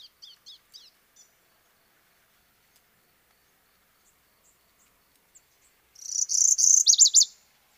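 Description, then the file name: Northern parula song: a few faint high notes, then after a pause a loud buzzy trill lasting over a second, ending in several sharp notes. At a grove on Merritt Island, Florida, USA, on 19 April 2018 at 9:20 AM. "Northern-Parula-FL-MINWR-Dummitt-Grove-April-19-2018-0920-AM"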